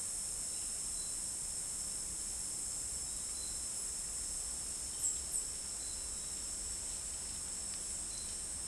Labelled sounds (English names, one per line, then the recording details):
none
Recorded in dense forest near Puerto Asís, Putumayo, Colombia, on 4 March 2025 at 12:30
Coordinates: 0.499, -76.324
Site GP03